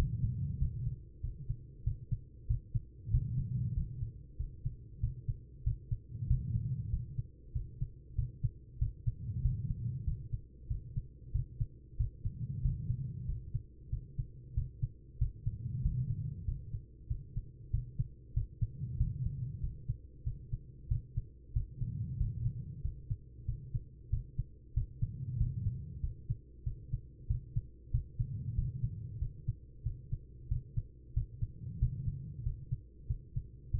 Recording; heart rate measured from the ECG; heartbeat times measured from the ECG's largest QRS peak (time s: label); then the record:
heart sounds by stethoscope; 94 bpm
0.58 s: heartbeat
1.21 s: heartbeat
1.83 s: heartbeat
2.47 s: heartbeat
3.10 s: heartbeat
3.73 s: heartbeat
4.36 s: heartbeat
5.00 s: heartbeat
5.63 s: heartbeat
6.27 s: heartbeat
6.90 s: heartbeat
7.52 s: heartbeat
8.15 s: heartbeat
8.78 s: heartbeat
9.41 s: heartbeat
10.04 s: heartbeat
10.67 s: heartbeat
11.32 s: heartbeat
11.96 s: heartbeat
12.61 s: heartbeat
13.25 s: heartbeat
13.89 s: heartbeat
14.54 s: heartbeat
15.18 s: heartbeat
15.82 s: heartbeat
16.45 s: heartbeat
17.07 s: heartbeat
17.70 s: heartbeat
18.33 s: heartbeat
18.97 s: heartbeat
19.60 s: heartbeat
20.23 s: heartbeat
20.88 s: heartbeat
21.53 s: heartbeat
22.17 s: heartbeat
22.81 s: heartbeat
23.45 s: heartbeat
24.09 s: heartbeat
24.73 s: heartbeat
25.37 s: heartbeat
26.00 s: heartbeat
26.63 s: heartbeat
27.27 s: heartbeat
27.90 s: heartbeat
28.54 s: heartbeat
29.18 s: heartbeat
29.83 s: heartbeat
30.48 s: heartbeat
31.13 s: heartbeat
31.78 s: heartbeat
32.43 s: heartbeat
33.07 s: heartbeat
33.70 s: heartbeat
From the record:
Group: healthy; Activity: rest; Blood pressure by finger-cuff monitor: 123/74 mmHg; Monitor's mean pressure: 90 mmHg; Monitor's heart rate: 94 bpm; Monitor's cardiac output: 6.5 L/min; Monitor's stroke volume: 69 mL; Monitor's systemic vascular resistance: 1010 dyn s/cm5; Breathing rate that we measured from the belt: 19 breaths a minute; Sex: female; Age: 43 years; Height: 160 cm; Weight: 90 kg